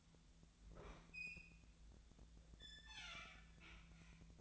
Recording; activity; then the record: daily activity, microphone in the room; open fridge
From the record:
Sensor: 3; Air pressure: 1009.6 hPa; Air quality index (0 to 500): 193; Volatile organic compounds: 15 ppm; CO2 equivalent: 2514 ppm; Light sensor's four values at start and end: 35/87/37/40 and 34/85/36/39